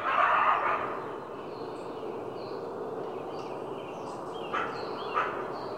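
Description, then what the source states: Coyote giving one short rough bark at the start, then thin high bird chirps and whistles over steady background hiss. Barking, recorded with birds in the background.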